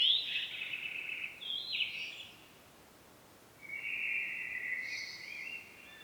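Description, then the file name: Common blackbird song: a loud warbled phrase ending in a squeak, a quiet pause, then a second smooth, drawn-out phrase, with faint hiss throughout. "Turdus merula"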